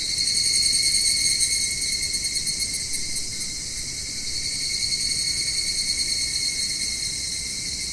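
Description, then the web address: Evening cicada calling in a continuous high-pitched ringing drone that starts strong and gradually softens. "sikioto insect higurashi"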